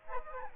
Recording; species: mosquito wingbeat signal from an infrared sensor; Aedes aegypti